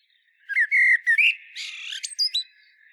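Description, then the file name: Common blackbird singing a single phrase of rich, low warbled whistles that breaks into a scratchy, high-pitched twitter at the end. "Turdus merula"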